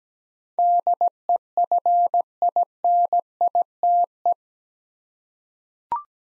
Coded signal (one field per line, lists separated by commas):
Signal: Morse code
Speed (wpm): 17 wpm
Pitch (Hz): 700 Hz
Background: none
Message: DEFINITE